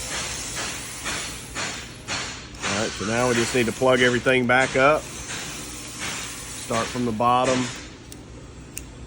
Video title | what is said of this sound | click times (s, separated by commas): 14” Handlebar Install trick on ‘14-‘23 Street Glide Models - KST Handlebar Install | plug that into here click | 8.8 s